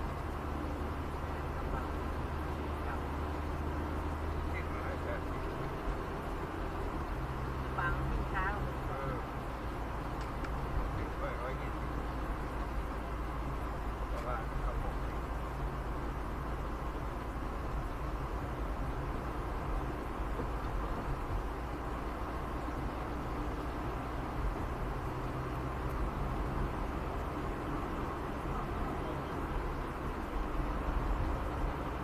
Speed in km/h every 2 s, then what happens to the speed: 73, 75, 76, 79, 79, 80, 80, 78, 76, 76, 75, 74, 74, 73, 73, 73.
0-9 speeds up to 80. 9-32 steady at about 75.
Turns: none.